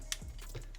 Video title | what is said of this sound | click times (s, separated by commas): The BEST Third Party Toy I’ve Received - #transformers Newage Omega Supreme/Michael | it'll snap into place this will shift back | 0.1 s